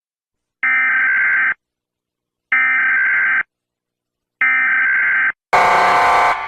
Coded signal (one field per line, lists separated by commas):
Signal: Emergency Alert System (SAME) tones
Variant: header bursts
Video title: Rating EAS 🚨 part 2 #shorts